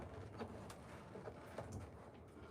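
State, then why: Not seated. A bulb is twisted into the headlight housing socket of a Mercedes headlight assembly, with faint scraping and brief ticks against a steady low background noise. The bulb will not twist-lock, and nothing has seated or clicked yet.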